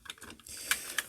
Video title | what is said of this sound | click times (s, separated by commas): AB Scale Project: The Last Devastator Review! | There it clicked in. | 0.7 s, 1.0 s